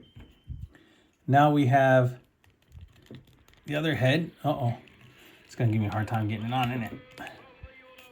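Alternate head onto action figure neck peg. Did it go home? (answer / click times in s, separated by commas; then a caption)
no / none. Someone talks while pushing an alternate plastic head onto the neck ball joint of a Masters of the Universe Cartoon Collection toy tiger figure, and the head resists going on. Faint taps and small handling clicks sound between the words. Nothing has seated or clicked yet.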